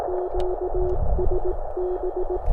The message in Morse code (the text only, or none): QSB